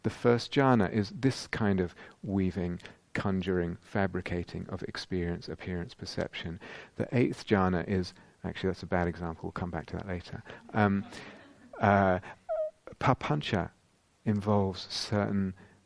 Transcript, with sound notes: The first jhāna is this kind of weaving, conjuring, fabricating of experience, appearance, perception. The eighth jhāna is -- actually, that's a bad example. We'll come back to that later. [laughter] Papañca involves a certain